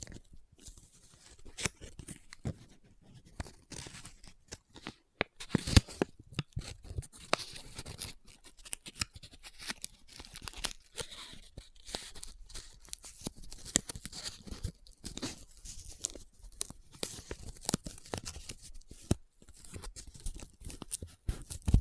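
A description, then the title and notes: Paper handled close up: dense, irregular crinkles, scratches and rubbing strokes that rarely pause for more than a moment. Sharp crackling bursts stand out around six, fourteen and nineteen seconds. The sound is bright and dry. ASMR Close Up Paper Sounds - Folding, Scratching, Rubbing, Crinkle (No Talking).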